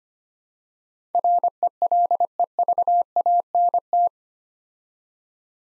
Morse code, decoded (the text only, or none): RELEVANT